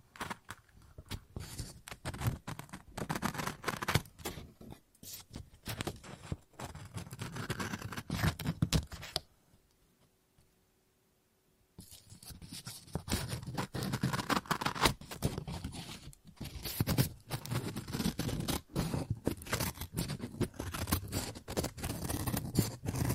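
Paper is being cut and snipped in quick, irregular bursts of crisp rustling and scraping strokes. The cutting runs steadily for about nine seconds, stops in near silence with a faint low hum until around twelve seconds, then resumes just as busily to the end.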